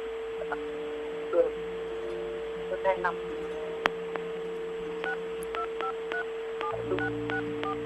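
A rapid series of short, evenly spaced electronic keypad beeps, each a two-tone chirp, plays over a steady hum, with a few faint rustles and clicks earlier on.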